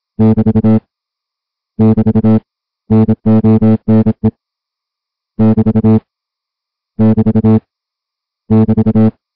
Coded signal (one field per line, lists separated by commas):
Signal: Morse code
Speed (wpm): 27 wpm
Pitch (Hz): 220 Hz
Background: music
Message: <BT> <BT> NONE <BT> <BT> <BT>